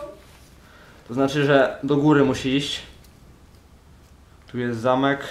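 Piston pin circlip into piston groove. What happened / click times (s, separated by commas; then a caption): The clip was handled but has not snapped into its groove yet / none. A man talks while fitting the metal piston pin circlip into its groove on the piston of a 2008 KTM SX 125 two-stroke motocross engine, as part of assembling the exhaust valve and piston. Only speech and quiet handling are heard, and the circlip has not yet snapped into place.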